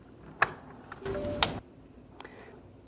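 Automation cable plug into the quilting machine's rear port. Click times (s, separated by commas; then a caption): 0.4 s, 1.4 s. The printer-side plug of a quilting machine's automation cable is pushed into the rear port, the one closest to the back, on the machine's carriage plate. Sharp clicks sound at 0.4 s and 1.4 s, with a brief rustle between them and faint ticks after. The plug is seated in the port.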